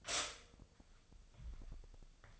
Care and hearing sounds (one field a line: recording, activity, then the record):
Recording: daily activity, microphone in the room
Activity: stop toaster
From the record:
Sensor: 5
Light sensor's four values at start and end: 31/72/30/32 and 31/72/30/32